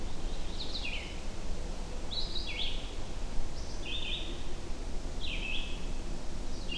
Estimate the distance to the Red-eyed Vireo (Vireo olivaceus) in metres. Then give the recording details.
about 25 m. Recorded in boreal forest in Alberta, Canada, on 21 June 2016 at 08:50. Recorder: SongMeter 3, array SBT-6-76. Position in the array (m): 180 m, 88 m